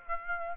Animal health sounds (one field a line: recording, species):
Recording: mosquito wingbeat signal from an infrared sensor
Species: Aedes aegypti